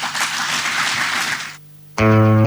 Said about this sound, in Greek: Οι άλλοι που χειροκροτάνε από κάτω σε αυτό, τι ακριβώς παίζει με αυτούς που πάντα χειροκροτάνε σε αυτά τα πάνελ.